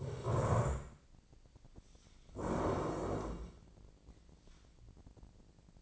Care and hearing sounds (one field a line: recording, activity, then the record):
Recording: daily activity, microphone in the room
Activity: stand up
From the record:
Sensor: 5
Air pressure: 1012.4 hPa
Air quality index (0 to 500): 157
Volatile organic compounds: 2 ppm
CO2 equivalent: 1076 ppm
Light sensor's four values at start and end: 278/663/284/317 and 279/666/285/318